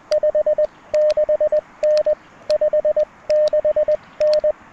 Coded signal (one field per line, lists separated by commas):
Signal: Morse code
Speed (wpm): 20 wpm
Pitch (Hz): 590 Hz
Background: radio noise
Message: 56N 56N